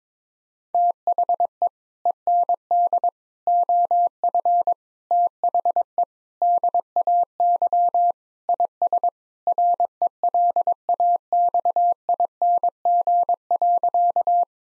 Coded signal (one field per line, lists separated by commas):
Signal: Morse code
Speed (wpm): 22 wpm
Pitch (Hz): 700 Hz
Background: none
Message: THE END OF THE DAY IS RELAXING.